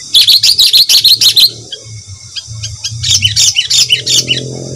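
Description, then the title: Sooty-headed bulbul chirping song, a fast scratchy burst of repeated notes for about a second and a half, a pause, then a second, softer burst. "Kutilang"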